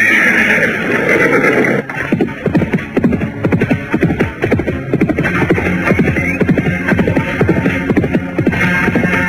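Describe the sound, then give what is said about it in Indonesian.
A horse gives a brief, high whinny as its rider spurs it to set off, then its hooves break into a fast, steady gallop of rapid thudding beats that carries on loudly to the end. “Kemudian langsung menghentakkan kudanya untuk pergi.”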